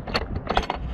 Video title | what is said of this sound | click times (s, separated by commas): Mplus Amazon Roadside Impact Wrench Review | very satisfying click | 0.2 s, 0.6 s, 0.7 s